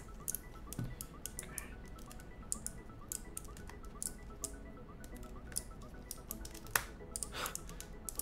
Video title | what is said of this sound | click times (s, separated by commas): Klippe Build, Part 2 | hear them clicking into place | 0.3 s, 2.5 s, 5.6 s, 6.8 s, 7.2 s